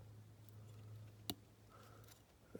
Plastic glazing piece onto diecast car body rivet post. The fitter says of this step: you heard that little click there and it went